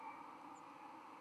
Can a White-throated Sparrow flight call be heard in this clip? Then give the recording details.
no. Another species' flight call is heard. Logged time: 01:28 on 13 November 2014